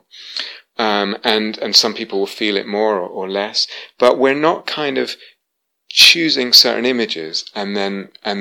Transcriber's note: none